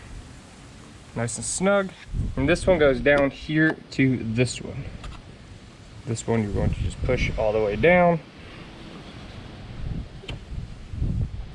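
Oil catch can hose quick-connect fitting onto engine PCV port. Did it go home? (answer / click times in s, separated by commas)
yes / 10.3 s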